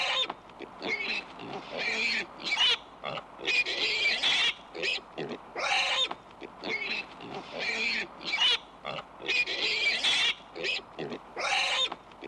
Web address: Tiere Schwein